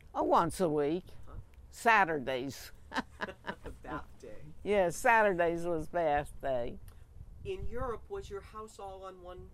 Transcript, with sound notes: Oh, once a week. Saturdays. (both laugh)
Bath day.
Yeah, Saturdays was bath day.
In Europe, was your house all on one floor?